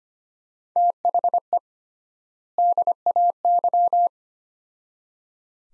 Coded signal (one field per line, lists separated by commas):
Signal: Morse code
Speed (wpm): 25 wpm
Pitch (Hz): 700 Hz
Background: none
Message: THE DAY